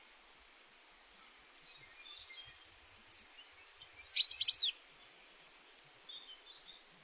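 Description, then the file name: Goldcrest song: a very high, thin run of repeated squeaky notes ending in a brief trilled flourish, with faint high calls before and after. "roitelet Huppé"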